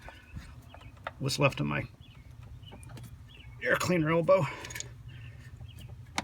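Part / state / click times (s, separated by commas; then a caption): air cleaner intake elbow onto the engine air intake / seated / 6.2 s. Someone talks while pushing the plastic air cleaner intake elbow on a 2005–2010 Honda Odyssey back over its fitting on the engine air intake, supporting it so it doesn't tear, during a rocker cover gasket replacement. Faint clicks and handling noises are heard before a sharp snap at 6.2 s. The elbow is seated in place.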